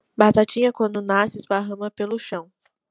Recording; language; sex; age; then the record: short text; Brazilian Portuguese; female; 20 to 29 years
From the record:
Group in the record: control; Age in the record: 22 years